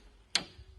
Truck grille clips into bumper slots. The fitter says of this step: and snap it snap right into place